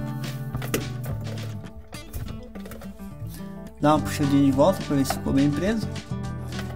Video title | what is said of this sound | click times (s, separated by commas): Como Instalar Torneira Monocomando e Aquecedor elétrico passo a passo | empurrar com os dois dedos assim até ouvir um clique. | 0.7 s